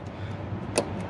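A connector position lock is pushed into place on the NOx sensor plug of a 2013 Chevy Silverado 3500 HD 6.6 after the plug is seated. A sharp, bright snap is heard at 0.8 s over a low steady background hum, with fainter ticks around it. The locking tab snaps shut and the lock is confirmed in place.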